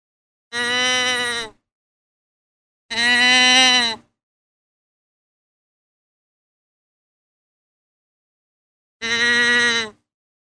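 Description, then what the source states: Deer bleats: three drawn-out, nasal, harmonic-rich bleats about a second long, two close together, then a long pause before the third, with silence between. Female deer (doe) in estrus.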